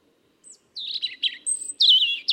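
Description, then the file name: European robin giving a quick run of high, liquid warbles and a thin sustained whistle, the notes tumbling rapidly one after another. "Erithacus rubecula"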